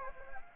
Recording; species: mosquito wingbeat signal from an infrared sensor; Anopheles gambiae